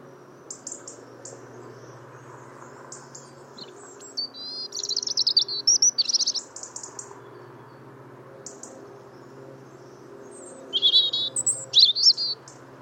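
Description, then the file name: European robin song: two bursts of high, liquid warbling and thin whistles with faint twitters between, over a steady low droning hum in the background. "Erithacus rubecula"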